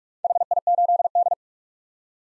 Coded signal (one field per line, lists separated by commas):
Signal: Morse code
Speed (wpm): 47 wpm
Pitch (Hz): 700 Hz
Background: none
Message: HI8D